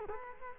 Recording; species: mosquito wingbeat signal from an infrared sensor; Culex quinquefasciatus